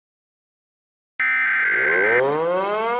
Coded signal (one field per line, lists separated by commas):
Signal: Emergency Alert System (SAME) tones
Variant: header bursts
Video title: EAS Scenario #21: The King of Destruction